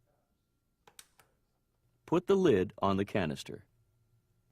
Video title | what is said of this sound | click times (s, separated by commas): Fluval '05' Series Setup Tutorial (Part 2) | push down on the two tabs until it clicks into place | 1.0 s